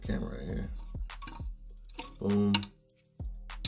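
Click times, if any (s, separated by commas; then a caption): 3.6 s. A plastic toilet tank part is pushed back into its fitting in the tank and snaps into place with a loud, sharp click at 3.6 seconds. Someone talks over background music, and there are several quieter clicks before it.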